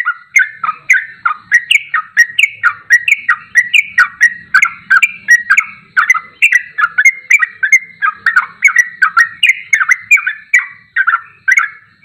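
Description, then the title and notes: Bulbul song: a fast, continuous run of short bubbly slurred notes through most of the stretch. Champion bird singing in 'tembakan' style; recording used for training birds. "MASTERAN Trucukan Tembakan. trucuk juara"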